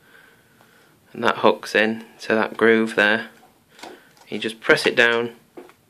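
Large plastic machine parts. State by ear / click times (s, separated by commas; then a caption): not seated / none. The left half of a BOND USM knitting machine's plastic needle bed, with a lip that hooks into a groove on the right half, is handled and pressed down while someone talks. Only a few faint taps and handling noises are heard. Nothing has seated or snapped into place yet.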